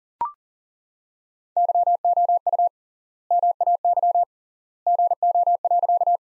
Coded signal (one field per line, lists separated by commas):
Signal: Morse code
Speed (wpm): 40 wpm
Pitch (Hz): 700 Hz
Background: none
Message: YOU MAY GO.